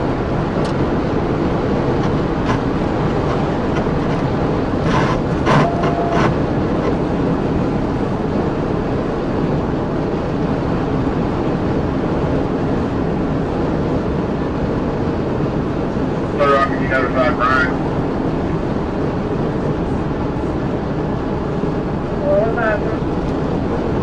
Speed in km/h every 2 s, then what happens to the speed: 206, 209, 209, 209, 206, 204, 206, 204, 204, 204, 201, 204.
0-24 steady at about 204.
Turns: none.